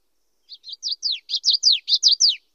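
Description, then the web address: Common yellowthroat song, a rapid run of high slurred notes, starting soft and growing louder over about a second. Western North America. "Know Your Bird Sounds Common Western Species. Common Yellowthroat"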